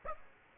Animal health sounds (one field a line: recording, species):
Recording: mosquito wingbeat signal from an infrared sensor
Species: Aedes aegypti